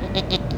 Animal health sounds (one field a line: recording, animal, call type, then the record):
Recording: contact call of a hoofed animal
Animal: goat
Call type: low-frequency (closed-mouth) or high-frequency (open-mouth) call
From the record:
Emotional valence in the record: negative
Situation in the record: short social isolation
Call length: 0.59 s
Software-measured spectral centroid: 2440 Hz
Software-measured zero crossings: 1280 a second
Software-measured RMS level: -24 dBFS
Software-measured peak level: -7 dBFS